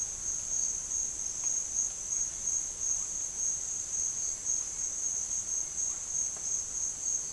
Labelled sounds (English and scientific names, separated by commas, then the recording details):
none
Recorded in pastures near Puerto Asís, Putumayo, Colombia, on 25 June 2025 at 13:30
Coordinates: 0.466, -76.322
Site GP07